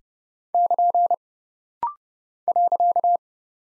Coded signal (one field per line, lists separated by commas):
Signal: Morse code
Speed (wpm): 30 wpm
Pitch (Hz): 700 Hz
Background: none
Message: <KN> .